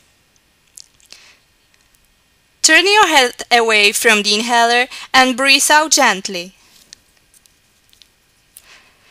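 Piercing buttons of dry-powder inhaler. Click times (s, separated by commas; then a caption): 0.8 s, 1.1 s. The two side piercing buttons of a Breezhaler dry-powder inhaler are pressed at the same time to pierce the capsule inside, giving sharp plastic clicks at 0.8 s and 1.1 s, followed by a few fainter ticks. Someone then talks, and more small clicks and handling sounds come after.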